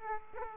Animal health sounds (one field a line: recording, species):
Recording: mosquito wingbeat signal from an infrared sensor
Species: Aedes aegypti